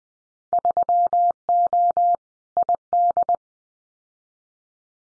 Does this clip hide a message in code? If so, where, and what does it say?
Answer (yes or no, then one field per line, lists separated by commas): yes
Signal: Morse code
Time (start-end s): 0.5-3.4 s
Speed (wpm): 20 wpm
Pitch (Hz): 700 Hz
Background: none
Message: 3O ID